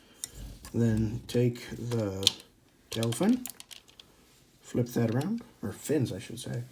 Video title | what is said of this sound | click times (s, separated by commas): Transformers TLK Nitro Zeus Review | press the wings down they tab in right here and right here just push on those two parts it'll pop right in | 0.2 s